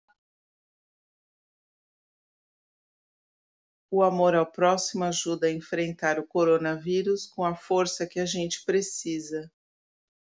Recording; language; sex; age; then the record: spoken sentence; Brazilian Portuguese; female; 40 to 49 years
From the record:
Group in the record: control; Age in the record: 48 years